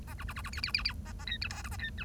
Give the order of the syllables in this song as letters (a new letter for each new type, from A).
A B B B B C C C C A A D E F G A D E